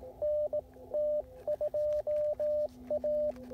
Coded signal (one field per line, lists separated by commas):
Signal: Morse code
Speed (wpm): 16 wpm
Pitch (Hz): 600 Hz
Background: radio noise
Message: NT2A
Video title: POTA Activation: Second Creek Game Land with the Icom IC-705 and CHA MPAS 2.0